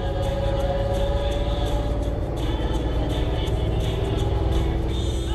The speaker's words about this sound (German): Herzlich willkommen beim Fringe Festival in Edinburgh. Liebe Gäste, unser Bus nimmt nun Kurs auf die Altstadt.